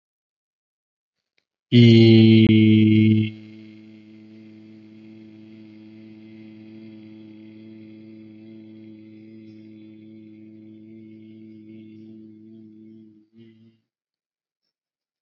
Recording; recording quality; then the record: sustained vowel as in beet; excellent, no background noise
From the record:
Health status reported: healthy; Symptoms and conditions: none ticked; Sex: male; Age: 34 years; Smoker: not ticked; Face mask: not worn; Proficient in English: yes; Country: India